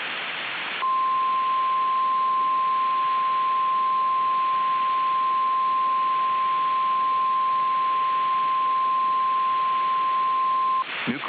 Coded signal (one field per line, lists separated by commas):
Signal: Emergency Alert System (SAME) tones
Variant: 1050 Hz attention tone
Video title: [REQUESTED EAS MOCK] is this how you do nuclear power plant warnings im new to this